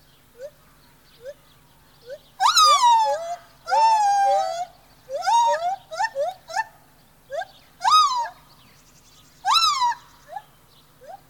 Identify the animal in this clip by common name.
Lar Gibbon